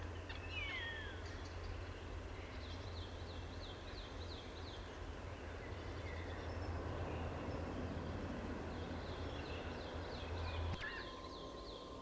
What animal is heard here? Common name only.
Grey-headed Woodpecker